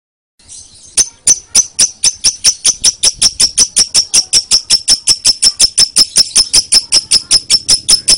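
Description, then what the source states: Lovebird song starting after a brief quiet moment, then steady sharp high chirps repeated about two or three times a second. Lovebird called Putri Mentaya.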